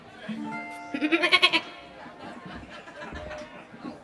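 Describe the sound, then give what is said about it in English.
During a goat-sound contest at a live music show, a human voice imitates a goat's bleat, a nasal, quavering cry that rises into a rapid wobbling tremolo, followed by softer murmuring chatter from several people. “Who can do the best goat sound?”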